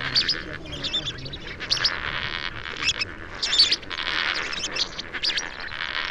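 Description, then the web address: Lesser flamingo flock calling, a dense chatter of harsh, nasal overlapping calls in surges with brief pauses between them. "cantos flamencoenano"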